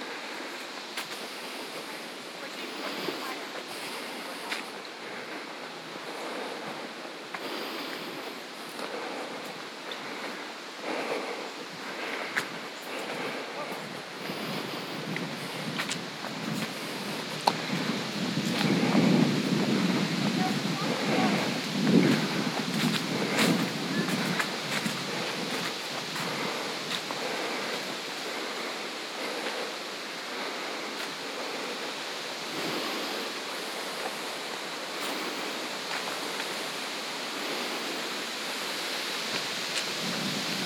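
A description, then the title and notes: Beach sounds on a Michigan shore: a steady hiss of surf and wind fills the whole clip, with scattered sharp ticks and knocks throughout. Around eighteen to twenty-five seconds the wash swells louder and fuller, then settles back to a constant rushing bed. The ebbing waves of Lake Michigan. This session was recorded with the Zoom F3 and DPA Binaural headset. Classic Michigan beach sounds.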